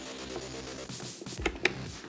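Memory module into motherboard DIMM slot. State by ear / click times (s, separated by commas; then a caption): seated / 1.5 s, 1.7 s. A 32 GB, 3200 MHz memory module is rested on one side of a one-sided-latch DIMM slot on the motherboard of an AMD Ryzen Threadripper PC build and pushed down. Over steady background music, two sharp clicks sound at 1.5 s and 1.7 s as the latch snaps, and the module is seated.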